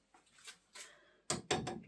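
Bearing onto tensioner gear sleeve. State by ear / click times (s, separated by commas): seated / 1.3 s, 1.5 s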